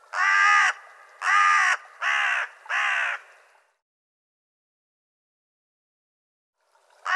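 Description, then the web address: Bird giving four harsh, drawn-out caws in quick succession, then a long silence before another caw begins at the end. "cianscape birddata Deverinetal 2025"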